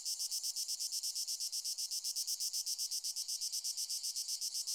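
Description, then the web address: Cicada singing a harsh, high buzz broken into rapid, regular pulses, steady from start to finish. "cicadidae plebejus"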